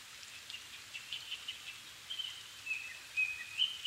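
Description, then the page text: Japanese thrush with soft chattering notes, then a clearer series of rapid whistled syllables toward the end, over a hissy background. Recorded 7 May 2011 at 17:59 in the evening; Nikko, Japan; altitude 270 m; Sony PCM-D50 recorder with Panasonic WM-61A microphone. "kurotugumi 20110507-1759. Turdus cardis [Sounds -Nikko Today-]"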